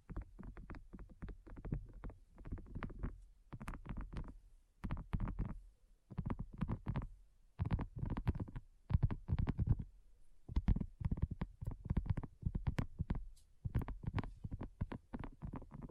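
Fingers tap rapidly on a surface in quick, dense bursts, each a cluster of soft knocks with a thuddy, low body and a light clicky edge. The flurries come in groups of roughly a second, separated by brief pauses, continuing steadily throughout.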